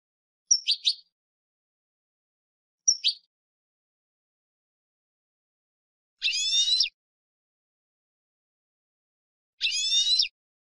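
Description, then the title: European goldfinch vocalising: two short sharp chips, followed by two drawn-out nasal, wheezy notes with wavering pitch, spaced several seconds apart. "Jilguero"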